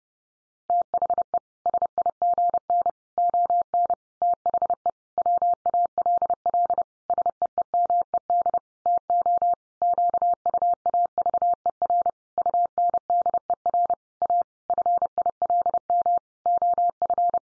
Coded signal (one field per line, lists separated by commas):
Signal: Morse code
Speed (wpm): 30 wpm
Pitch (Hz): 700 Hz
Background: none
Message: THE SIGN ON THE WALL SEEMED TO QUAVER UNDER A FILM OF